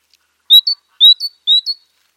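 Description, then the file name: Great tit giving three crisp two-note phrases, a high whistled note followed by a short higher one, spaced evenly against a silent background. "Parus major"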